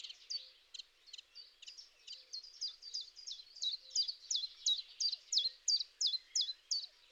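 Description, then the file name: Common chiffchaff song building from soft to loud: repeated high, sharply dropping notes about three per second, after a few different thin high notes at the start. "tjiftjaf"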